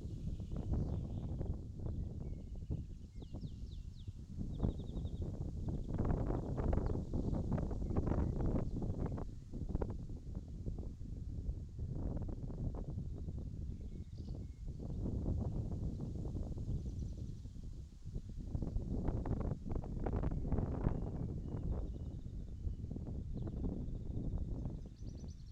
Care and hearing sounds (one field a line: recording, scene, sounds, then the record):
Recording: everyday scene through a hearing-aid microphone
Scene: wind on the microphone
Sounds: wind, birds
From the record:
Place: in front of a rural house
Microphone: in the ear canal, left